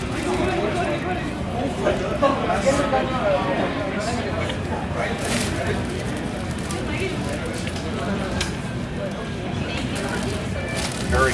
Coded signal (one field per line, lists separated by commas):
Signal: FT8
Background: speech